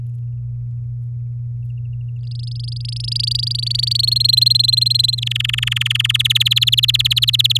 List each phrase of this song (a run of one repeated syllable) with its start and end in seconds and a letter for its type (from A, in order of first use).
2.27-3.97 A, 3.99-5.15 B, 5.17-6.17 C, 6.19-7.58 D